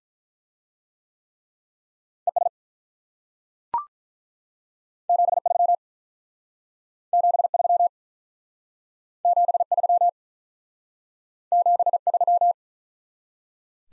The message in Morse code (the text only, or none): ES 73 73 73 73